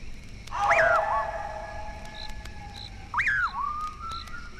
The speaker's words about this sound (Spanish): Un raro silbido penetrador y espeluznante comienza a dejarse oír tras los pasos de Juan Hilario.